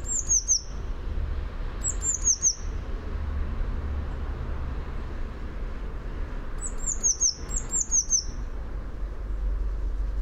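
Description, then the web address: Eurasian blue tit calls: very high, thin notes falling in pitch, in quick runs of three or four, heard twice near the start and twice near the end, over low rumbling background noise. "fugl b-mejse"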